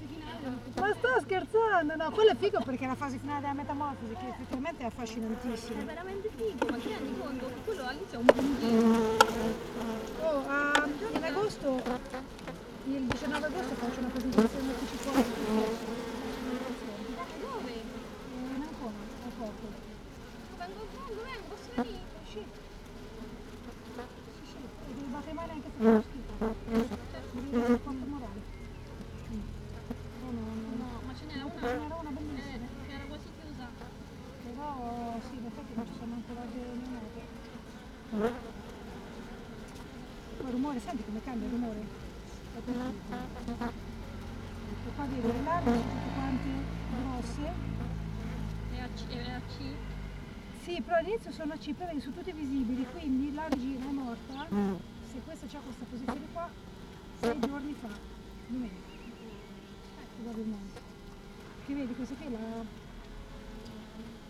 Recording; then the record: honeybee colony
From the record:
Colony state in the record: missing queen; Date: 31 May 2018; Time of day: 16:12